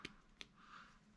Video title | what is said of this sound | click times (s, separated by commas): HEADLINING AND LED LIGHTS DONE! Sailing Meraki - Ep.68 | click that one and you're | 0.4 s